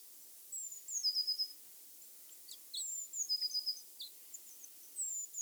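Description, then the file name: Eurasian blue tit giving thin, very high notes followed by short quick trills, repeated in separate bursts over a soft background hiss. "Cyanistes caeruleus"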